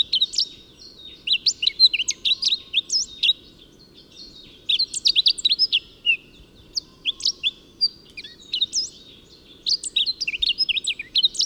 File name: Rhododendrongimpel - Carpodacus subhimachalus